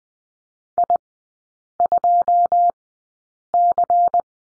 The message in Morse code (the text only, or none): I2C